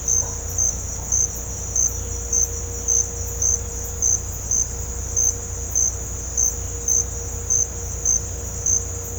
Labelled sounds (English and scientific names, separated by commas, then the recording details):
none
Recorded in pastures near Puerto Asís, Putumayo, Colombia, on 16 December 2024 at 06:30
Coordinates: 0.502, -76.324
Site G077